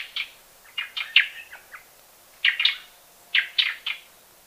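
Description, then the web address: Plain-tailed wren with harsh, scratchy chattering calls in short clustered bursts, a few groups at irregular intervals, over quiet background. Ecuador. "Birds of Ecuador. Plain-tailed Wren"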